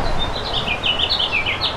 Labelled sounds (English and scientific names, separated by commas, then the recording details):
House Finch (Haemorhous mexicanus) song
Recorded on Long Island, New York, on 1 June 2012
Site AS
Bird A